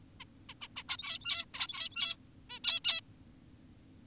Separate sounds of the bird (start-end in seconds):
0.20-0.24, 0.49-0.54, 0.62-0.68, 0.76-0.83, 0.89-1.45, 1.54-2.16, 2.50-2.60, 2.64-2.80, 2.85-3.01